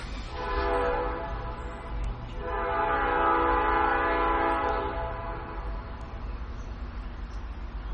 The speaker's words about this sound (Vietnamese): Rất là ở bên Mỹ á, nó rất hiếm nghe được cái tiếng kèn xe lắm. Chỉ cái tiếng kèn như vậy là tiếng xe lửa đó các vị.